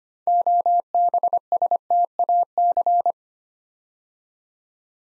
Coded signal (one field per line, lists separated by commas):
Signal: Morse code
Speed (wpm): 25 wpm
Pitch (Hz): 700 Hz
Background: none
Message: OBSTAC